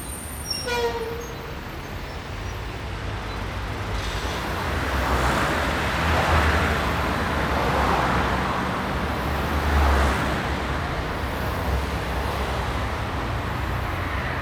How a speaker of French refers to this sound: Retrouvons tout d'abord les flux de circulation tels qu'on les entendait du dessus du pont, l'agitation du cours Jean Jaurès, recouverte par la vague de vitesse des boulevards.